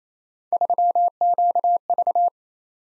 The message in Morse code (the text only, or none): 3QV